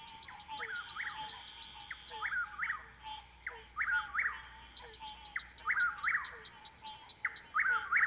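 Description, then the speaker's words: Chuck-will's-widow song, a whistled phrase repeated several times, over a frog chorus. Heard over a chorus of frogs. "the Chuckwill's widow, heard here over a chorus of frogs."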